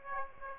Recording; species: mosquito wingbeat signal from an infrared sensor; Aedes aegypti